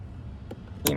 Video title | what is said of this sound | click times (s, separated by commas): Must-Have Accessories from Amazon Install & Review for the 2026 Tesla Model Y | Nice, satisfying click. | 0.9 s